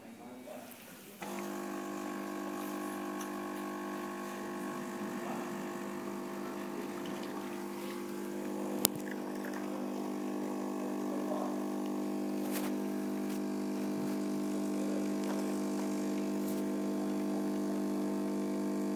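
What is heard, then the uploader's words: A coffee is being made. After a second of near silence a machine starts up with a steady, low, buzzing hum that holds evenly to the end. A sharp click lands near the middle, with a few faint ticks later. Making a coffee at SoundCloud HQ.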